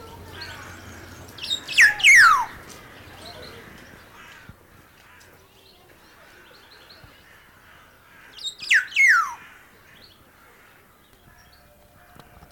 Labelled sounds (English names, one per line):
Black-naped Oriole song